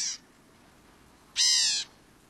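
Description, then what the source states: Black-capped Gnatcatcher giving two harsh, raspy, high calls, the second longer and buzzier, more than a second after the first. Narrow range from mesquite thickets of southeastern Arizona to dry tropical forests of Colima, western Mexico; populations declining from habitat loss.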